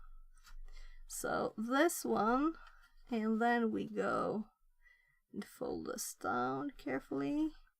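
Someone talks while carefully folding a part down into its mount, with a few faint tick-like sounds between the words. The part has not clicked into place or seated yet when the clip ends.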